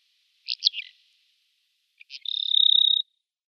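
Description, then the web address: Bar-tailed lark song: a short burst of dry chirpy notes, a pause, then a few clicks leading into a long, steady, slightly trilled high whistle. "Schulze Peter Bar-tailed Lark song"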